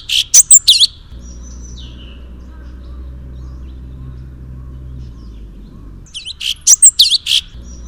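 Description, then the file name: Sooty-headed bulbul song: a quick burst of sharp, bright notes at the start, a stretch of low hum, then another lively cluster of chirpy phrases near the end. "suara kicauan cucak cungkok. omkicau"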